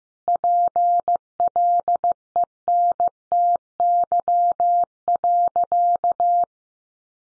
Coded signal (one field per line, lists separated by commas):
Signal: Morse code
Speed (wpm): 15 wpm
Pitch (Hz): 700 Hz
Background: none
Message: PLENTY.